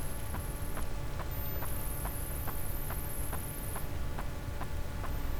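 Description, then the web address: Sperm whale clicks, crisp and evenly spaced, over constant low-frequency rumble and an intermittent high-pitched tone. "Physeter Macrocephalus cachalot"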